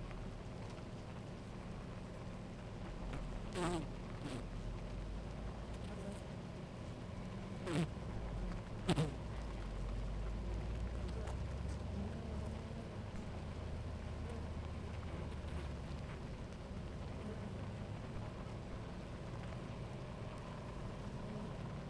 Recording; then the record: honeybee colony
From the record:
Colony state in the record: active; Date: 28 July 2017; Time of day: 11:40